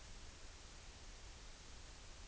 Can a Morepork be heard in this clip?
no